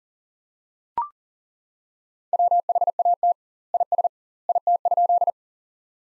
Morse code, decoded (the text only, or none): WHAT IS IT?